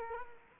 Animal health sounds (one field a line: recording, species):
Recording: mosquito wingbeat signal from an infrared sensor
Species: Culex quinquefasciatus